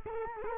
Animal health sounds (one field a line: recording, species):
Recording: mosquito wingbeat signal from an infrared sensor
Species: Culex quinquefasciatus